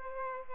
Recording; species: mosquito wingbeat signal from an infrared sensor; Aedes aegypti